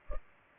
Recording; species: mosquito wingbeat signal from an infrared sensor; Culex pipiens